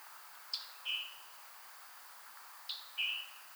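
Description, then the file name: Scarlet tanager calls: two pairs of a sharp high chip followed by a short burry, buzzy note, over faint steady hiss. "call Scarlet Tanager Piranga olivacea"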